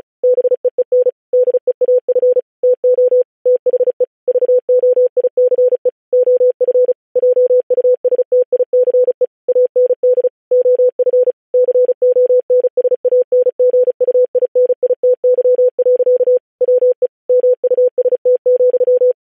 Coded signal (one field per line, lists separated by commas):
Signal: Morse code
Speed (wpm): 36 wpm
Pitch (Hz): 500 Hz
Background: none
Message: BEEN DEAF TO THE VOICE OF JUSTICE AND OF CONSANGUINITY. WE MUST,